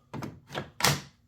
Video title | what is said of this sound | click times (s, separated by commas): NEW! Packout Toolbox Attachments. Milwaukee Responds To 3-D Printers. | they lock in place, same way as you do on your tools. | 0.1 s, 0.9 s